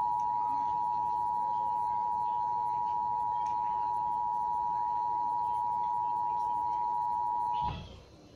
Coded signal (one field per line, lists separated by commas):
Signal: Emergency Alert System (SAME) tones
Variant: 853 and 960 Hz attention tone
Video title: Statewide Weekly EAS test 12-3-17